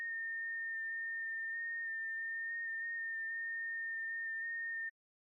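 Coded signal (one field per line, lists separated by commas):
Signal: FT8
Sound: a single steady whistle near 1.8 kHz with tiny pitch shifts, lasting about five seconds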